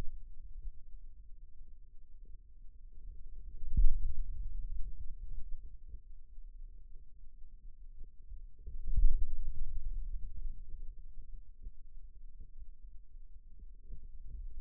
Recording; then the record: forearm muscle sounds (acoustic myography)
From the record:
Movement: finger pinch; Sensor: system 2, bracelet of six BSWA MPA416 microphones around the upper forearm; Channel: 2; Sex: male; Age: 22 years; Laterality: right